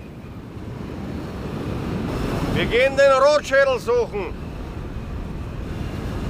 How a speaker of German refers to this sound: Und so schnell der Wind gekommen war, so schnell war er auch wieder vorbei.